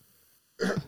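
A single short, explosive cough from an adult who is ill, following near silence; an isolated cough.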